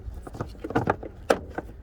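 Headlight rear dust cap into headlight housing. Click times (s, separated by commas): 1.3 s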